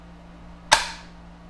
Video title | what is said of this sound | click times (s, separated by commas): Craftsman Multi Tool Tutorial and Blade Change Model CMCE500 | and then we're just going to push it until we hear a click | 0.7 s